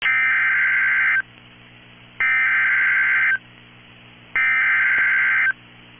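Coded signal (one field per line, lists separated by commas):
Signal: Emergency Alert System (SAME) tones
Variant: header bursts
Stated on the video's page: Severe Thunderstorm Warning for Minnesota and Wisconsin; valid EAS tones.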